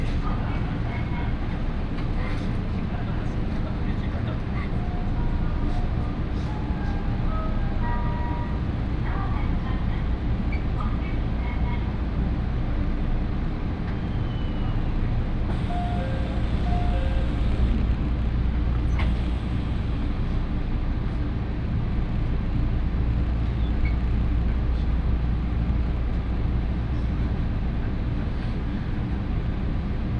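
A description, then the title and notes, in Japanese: A local train on the line runs steadily, its deep, constant rumble and rhythmic clatter filling the whole half minute. Faint voices and brief higher tones come and go over the noise, with a slightly louder, brighter stretch in the middle. 東海道本線各駅停車 岐阜→名古屋。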